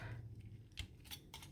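During transformation of a transforming robot action figure, a plastic nose cone piece is handled and pushed toward its tab on the back, one side of which tends to resist. Light plastic rattles and brief ticks are heard, with sharper taps near 0.8 s and 1.3 s. The piece has not seated or snapped into place yet.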